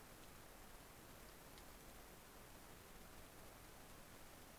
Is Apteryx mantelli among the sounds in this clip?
no